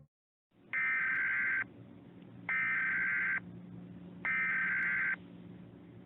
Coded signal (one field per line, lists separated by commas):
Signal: Emergency Alert System (SAME) tones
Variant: header bursts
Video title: The Deadly Surgeon in Colorado (EAS Scenario)